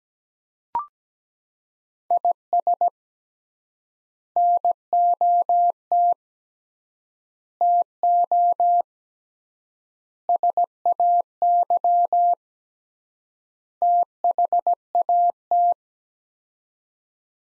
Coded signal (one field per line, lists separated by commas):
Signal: Morse code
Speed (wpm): 17 wpm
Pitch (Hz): 700 Hz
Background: none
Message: IS NOT TO SAY THAT